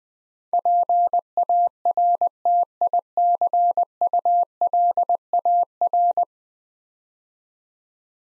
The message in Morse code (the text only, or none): PARTICULAR